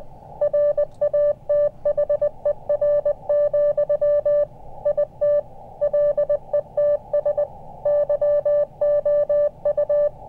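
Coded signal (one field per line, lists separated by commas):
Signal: Morse code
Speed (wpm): 20 wpm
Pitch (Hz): 590 Hz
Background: none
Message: RATHER, IT LETS YOU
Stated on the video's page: CW contest worked in the field with an Elecraft KX2 and its tuner into a cheap non-resonant wire antenna, solar and battery powered.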